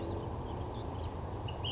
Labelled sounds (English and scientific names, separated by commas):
Ash-throated Flycatcher (Myiarchus cinerascens)